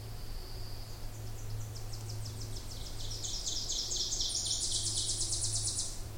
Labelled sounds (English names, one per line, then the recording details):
Ovenbird song
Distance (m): 55 m
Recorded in boreal forest in Alberta, Canada, on 26 May 2016 at 08:13
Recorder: SongMeter 3, array SBT-3-15
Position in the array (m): 53 m, 223 m
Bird 20